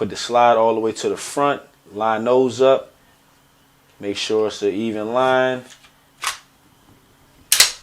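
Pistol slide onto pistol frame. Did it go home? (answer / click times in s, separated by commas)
yes / 7.5 s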